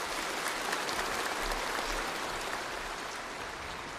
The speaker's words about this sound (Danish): On Taiwan, Xi said China will aim for peaceful reunification, but... We will never promise to renounce the use of force. His message met with the loudest and longest applause.